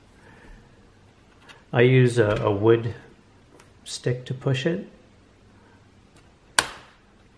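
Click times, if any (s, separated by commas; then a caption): 6.6 s. Someone talks while a wooden stick is pushed through the access hole under a System76 Galago Pro laptop (also sold as the Clevo N130BU and Sager NP3130) to push the keyboard out of the top case. At 6.6 s one of the plastic snaps holding the keyboard lets go with a single sharp click, and that snap is now released.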